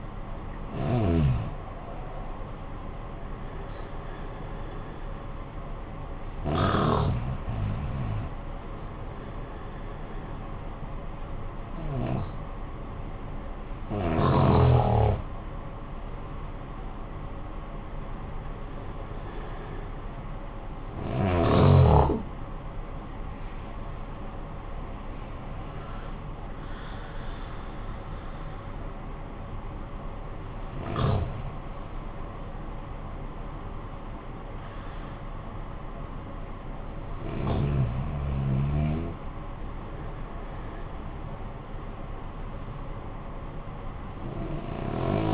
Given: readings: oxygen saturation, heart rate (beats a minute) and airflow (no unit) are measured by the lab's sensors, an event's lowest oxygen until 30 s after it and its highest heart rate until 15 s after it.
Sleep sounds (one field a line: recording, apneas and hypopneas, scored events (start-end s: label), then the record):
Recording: breathing in sleep by a smartphone at the bedside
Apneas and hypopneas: none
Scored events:
none scored
From the record:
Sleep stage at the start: N1 (lightest sleep)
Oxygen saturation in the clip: 65 to 97%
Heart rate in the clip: 50 to 66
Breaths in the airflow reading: 9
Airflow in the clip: -13.5 to 13.0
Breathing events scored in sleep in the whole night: 445 in 7.6 hours asleep